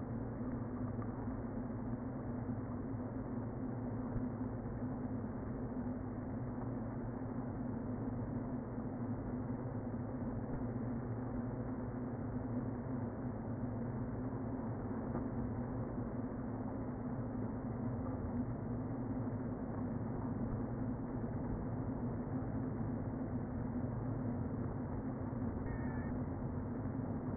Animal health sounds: honeybee colony, microphone inside the hive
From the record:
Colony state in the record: queen present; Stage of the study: before two queens were removed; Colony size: about 60,000 bees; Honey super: yes

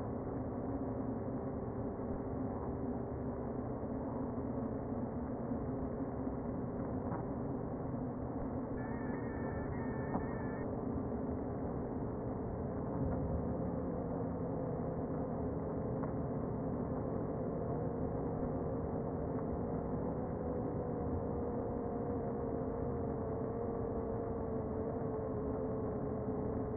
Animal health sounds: honeybee colony, microphone inside the hive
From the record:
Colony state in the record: queen present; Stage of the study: before two queens were removed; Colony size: about 60,000 bees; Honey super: yes

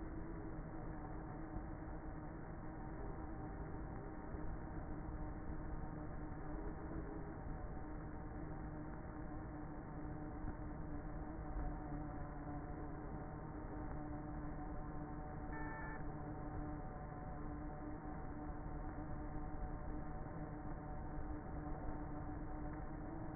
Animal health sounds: honeybee colony, microphone inside the hive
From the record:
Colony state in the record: queenless with a low population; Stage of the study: before two queens were removed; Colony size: about 30,000 bees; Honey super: no

